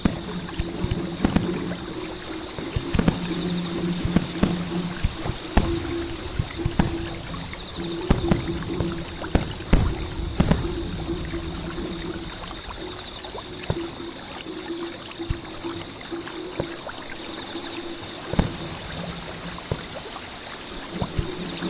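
Flowing water runs steadily throughout, with frequent small splashes and knocks scattered irregularly, busiest in the first half. A low droning tone rises and fades at times beneath it, and a thin, high steady whine persists in the background.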